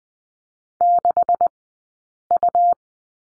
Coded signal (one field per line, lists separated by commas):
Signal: Morse code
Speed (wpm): 20 wpm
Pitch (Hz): 700 Hz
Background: none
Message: 6U